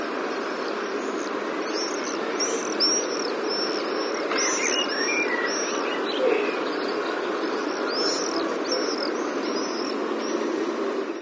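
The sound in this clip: Swifts calling: high, arched chirps repeated steadily throughout, some in quick pairs, over a constant hissing background.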